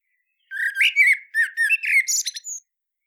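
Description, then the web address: Common blackbird giving one song phrase of about two seconds, rich warbled notes sliding into a thin squeaky flourish at the end. "SETE data Turdus merula"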